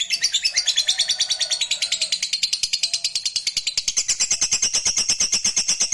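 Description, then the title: Lovebird producing a sustained, fast, shrill chattering trill throughout, steady and unbroken throughout. Fighter lovebird giving a long ngekek trill. "Suara Lovebird FIGHTER NGEKEK PANJANG"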